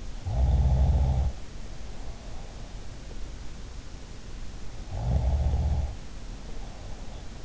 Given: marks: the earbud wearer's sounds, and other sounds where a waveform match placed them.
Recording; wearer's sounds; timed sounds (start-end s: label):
sounds in sleep by an in-ear microphone; snoring breath
0.24-2.69 s: snoring breath
4.96-7.44 s: snoring breath